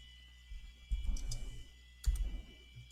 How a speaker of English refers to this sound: I hear some typing.